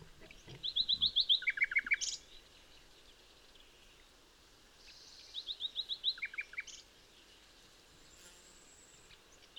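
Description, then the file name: Common nightingale song: two phrases, each a quick series of high chips dropping into lower repeated notes, separated by a few seconds of quiet hiss. "Luscinia megarhynchos"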